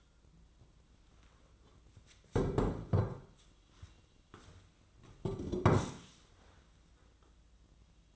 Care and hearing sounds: daily activity, microphone in the room; sit down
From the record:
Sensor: 3

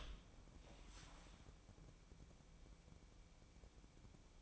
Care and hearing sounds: daily activity, microphone in the room; open door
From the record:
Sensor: 1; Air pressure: 1012.3 hPa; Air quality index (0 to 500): 168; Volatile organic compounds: 3 ppm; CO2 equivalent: 1376 ppm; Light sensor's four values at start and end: 561/1322/581/698 and 558/1315/579/696

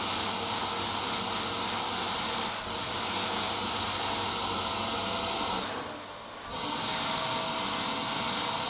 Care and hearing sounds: daily activity, microphone in the room; vacuum cleaning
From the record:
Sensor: 3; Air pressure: 994.4 hPa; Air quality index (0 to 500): 208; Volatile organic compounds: 1000 ppm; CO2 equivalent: 6924 ppm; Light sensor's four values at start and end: 74/173/72/69 and 74/172/71/68

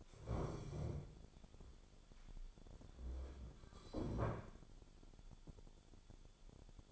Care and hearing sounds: daily activity, microphone in the room; stand up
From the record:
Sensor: 5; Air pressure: 1015.3 hPa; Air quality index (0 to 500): 175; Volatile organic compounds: 6 ppm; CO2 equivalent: 1900 ppm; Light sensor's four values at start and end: 36/83/33/32 and 36/83/33/32

